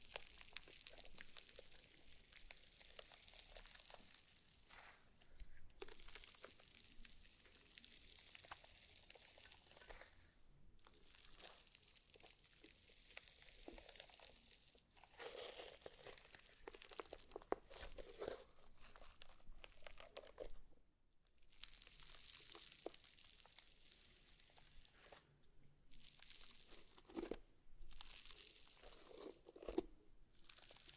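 Slime being squished and stretched, giving a dense, continuous crackle of bright wet pops and crinkles across the whole clip. Brief quiet gaps break it near 6, 10, 21 and 27 seconds, and the texture grows busier and louder from about 15 seconds.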